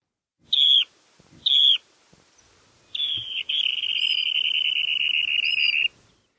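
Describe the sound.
Bird giving two brief piercing whistles followed by a sustained high, slightly descending note lasting over two seconds, with little else audible.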